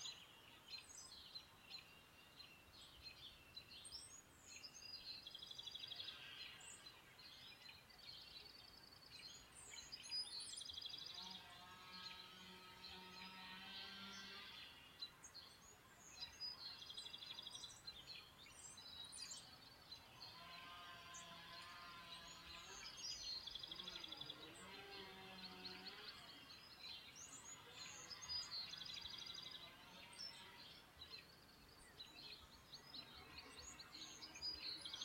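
Birds call and chirp through a steady wash of rain-like hiss that fills the whole clip. Bright chirps and short trills come often, with denser, busier singing around the middle and near the end, and a low tonal call briefly around twelve seconds.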